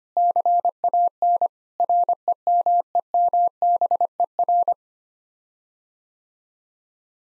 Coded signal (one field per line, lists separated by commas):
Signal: Morse code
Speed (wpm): 25 wpm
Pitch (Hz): 700 Hz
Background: none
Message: CAN REMEMBER